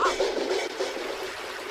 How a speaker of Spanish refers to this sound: Bueno, y ya lo ven, acá el agua está corriendo, ¿eh?